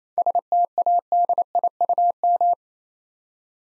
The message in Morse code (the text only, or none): STADIUM